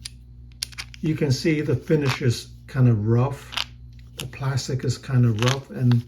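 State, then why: Seated. A removable bit or bit holder is pushed back into a cheap plastic screwdriver handle, which is hard to pull it out of, and it latches in place with a sharp click at 0.6 s. Someone then talks for the rest of the clip.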